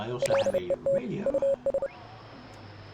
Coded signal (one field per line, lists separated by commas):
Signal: Morse code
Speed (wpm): 30 wpm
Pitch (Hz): 550 Hz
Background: speech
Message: LET US